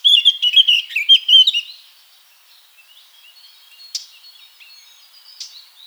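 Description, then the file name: Eurasian blackcap gives a brief rich phrase of fluting, whistled notes, then only faint soft twittering and two short ticks. "Sylvia atricapilla"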